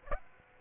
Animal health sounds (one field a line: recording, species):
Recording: mosquito wingbeat signal from an infrared sensor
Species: Aedes aegypti